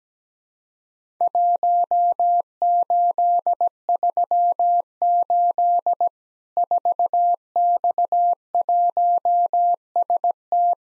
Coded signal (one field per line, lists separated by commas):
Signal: Morse code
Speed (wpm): 17 wpm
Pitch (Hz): 700 Hz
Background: none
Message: 1838 4X1ST